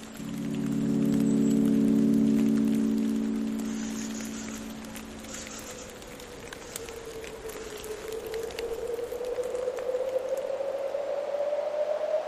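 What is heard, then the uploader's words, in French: Dreamy mountain sounds open with a thick, low droning chord that swells loudest around two seconds, then fades by five. A single clear tone takes over, dipping slightly and then gliding upward to the end, over a constant soft crackle like light rain. H1000 de Patrick Avakian propose, micro en main, une randonnée acoustique en montagne. Les sons apaisants et oniriques de la montagne. On vous a mis Pyrénées et Québec au menu, neige à volonté.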